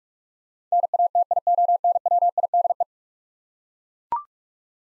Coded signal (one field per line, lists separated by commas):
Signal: Morse code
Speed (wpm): 41 wpm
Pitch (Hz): 700 Hz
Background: none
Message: NATIONWIDE